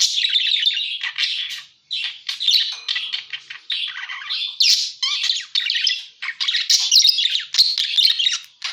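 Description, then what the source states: Parakeet calls, dense squeaky warbling and chirping in repeated bursts with short gaps. Lure sound used for catching birds.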